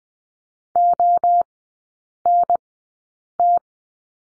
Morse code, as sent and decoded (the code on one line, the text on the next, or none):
--- -. -
ONT